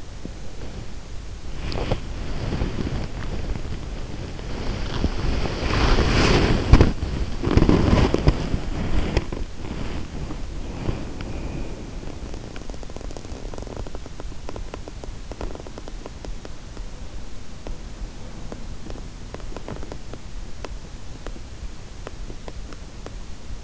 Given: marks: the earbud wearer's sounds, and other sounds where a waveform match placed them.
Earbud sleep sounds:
sounds in sleep by an in-ear microphone; body movement, teeth grinding
0.00-12.60 s: body movement
12.60-23.64 s: teeth grinding

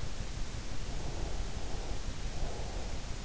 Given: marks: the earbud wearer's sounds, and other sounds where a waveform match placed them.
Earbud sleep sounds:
sounds in sleep by an in-ear microphone; breath
0.93-3.11 s: breath

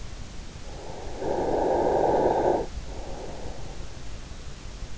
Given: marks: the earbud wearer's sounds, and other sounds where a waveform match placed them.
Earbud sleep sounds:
sounds in sleep by an in-ear microphone; snoring breath
1.06-3.67 s: snoring breath

